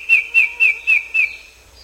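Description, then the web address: Black-headed antbird song: five crisp whistled notes, each sliding slightly downward, delivered at a steady quick pace, then quiet background. South America. "Natures Songs S America Black-Headed Antbird"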